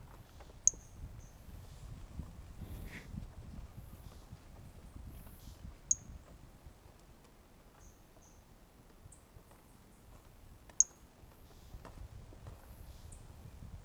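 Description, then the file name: Brachycephalus mirissimus giving short, sharp high-pitched notes, three clear chirps spaced about five seconds apart, with faint low rumble and soft ticks beneath. One individual recorded on 18 January 2018; first note of the call missing; animal not collected. "Brachycephalus mirissimus 18 jan 2018 individual 05 ex 04 fist note missing L F Ribeiro"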